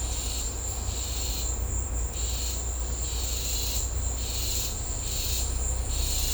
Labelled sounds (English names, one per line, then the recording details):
none
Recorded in secondary vegetation near Puerto Asís, Putumayo, Colombia, on 16 December 2024 at 14:30
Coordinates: 0.502, -76.326
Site G028